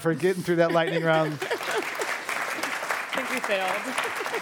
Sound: applause

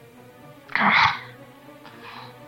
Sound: grumbles and sighs

